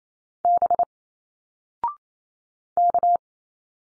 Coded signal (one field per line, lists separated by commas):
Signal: Morse code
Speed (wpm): 28 wpm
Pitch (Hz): 700 Hz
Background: none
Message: B K